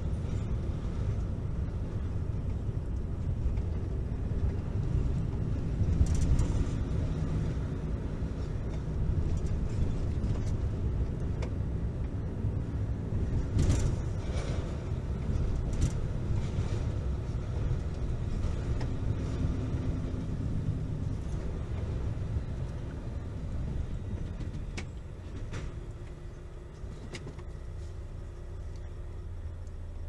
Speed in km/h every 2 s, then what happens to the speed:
34, 33, 34, 32, 31, 33, 30, 30, 31, 25, 23, 17, 2, 0, 0.
0-16 steady at about 32. 16-24 brakes to 2. 24-30 standing.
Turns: none.